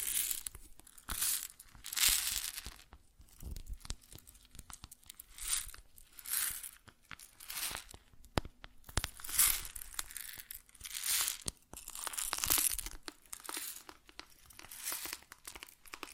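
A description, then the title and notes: Grain rustles and pours in repeated bright, hissing surges, each lasting about a second and recurring roughly every one to two seconds, with sharp ticks and crackles between them. A faint steady low hum runs underneath throughout. ASMR Grain Sounds (No Talking).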